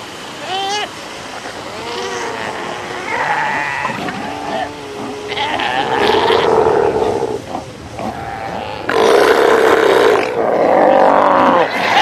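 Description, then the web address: South American sea lion chorus of wavering, bleating cries and low groans, many animals overlapping and growing louder toward the end. "earth naturelibrary assets s so south american sea lion"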